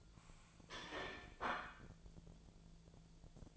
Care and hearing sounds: daily activity, microphone in the room; place plate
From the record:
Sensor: 5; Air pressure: 1009.5 hPa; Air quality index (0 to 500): 169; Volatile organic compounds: 4 ppm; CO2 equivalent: 1637 ppm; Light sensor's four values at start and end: 97/257/104/110 and 97/258/105/111

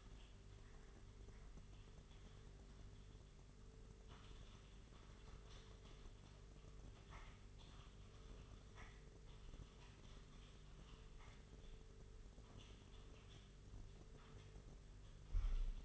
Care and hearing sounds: daily activity, microphone in the room; typing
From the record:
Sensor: 4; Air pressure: 991.8 hPa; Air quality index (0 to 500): 120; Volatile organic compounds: 27 ppm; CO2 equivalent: 2880 ppm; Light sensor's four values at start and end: 19/64/24/24 and 19/65/24/24

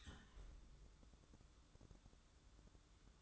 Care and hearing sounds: daily activity, microphone in the room; close fridge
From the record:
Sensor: 3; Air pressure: 1007.7 hPa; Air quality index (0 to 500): 64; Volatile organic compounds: 1 ppm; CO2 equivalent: 621 ppm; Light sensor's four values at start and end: 13/30/13/13 and 13/30/13/13

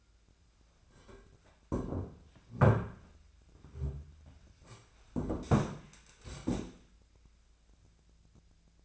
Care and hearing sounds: daily activity, microphone in the room; sit down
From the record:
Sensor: 2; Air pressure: 1008.0 hPa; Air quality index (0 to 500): 181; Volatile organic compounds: 10 ppm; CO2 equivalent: 2230 ppm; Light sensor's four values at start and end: 10/25/11/11 and 11/26/11/11

